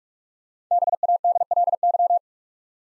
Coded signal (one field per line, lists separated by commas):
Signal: Morse code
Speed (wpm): 47 wpm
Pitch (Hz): 700 Hz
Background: none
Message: BADLY